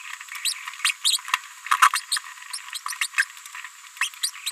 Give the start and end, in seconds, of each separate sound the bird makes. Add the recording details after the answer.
0.45-0.53, 0.84-0.91, 1.04-1.17, 2.12-2.18, 2.74-2.78, 3.01-3.07, 4.01-4.09, 4.23-4.31, 4.46-4.51. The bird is a female. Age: 31 days. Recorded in a nest box in Venezuela. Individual 17B73B2